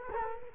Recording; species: mosquito wingbeat signal from an infrared sensor; Culex quinquefasciatus